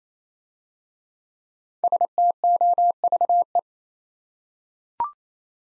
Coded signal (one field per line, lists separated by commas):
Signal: Morse code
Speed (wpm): 27 wpm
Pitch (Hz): 700 Hz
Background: none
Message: STOVE